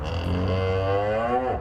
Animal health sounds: contact call of a hoofed animal; cattle; low-frequency (closed-mouth) or high-frequency (open-mouth) call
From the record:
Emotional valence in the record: negative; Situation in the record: full separation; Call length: 1.61 s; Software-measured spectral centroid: 1230 Hz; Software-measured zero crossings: 1170 a second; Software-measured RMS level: -24 dBFS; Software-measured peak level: -12 dBFS

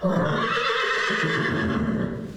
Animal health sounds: contact call of a hoofed animal; horse; whinny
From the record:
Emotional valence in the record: negative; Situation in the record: group separation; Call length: 2.4 s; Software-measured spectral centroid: 1860 Hz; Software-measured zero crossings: 2140 a second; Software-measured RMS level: -24 dBFS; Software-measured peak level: -11 dBFS

